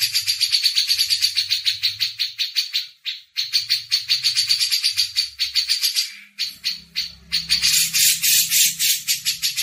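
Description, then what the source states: Grey-cheeked bulbul's harsh, scratchy chatter runs almost without pause, about four notes a second. A low hum sits underneath at times. Masteran tutoring recording.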